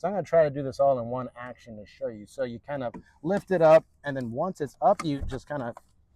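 Someone talks while lifting the rear seat bottom cushion of a Honda Ridgeline Sport pickup, using a pull handle lever, toward its stowed upright position above the storage space underneath. The cushion is handled but nothing has seated or clicked into place yet.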